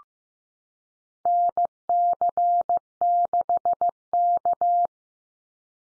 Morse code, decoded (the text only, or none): NC6K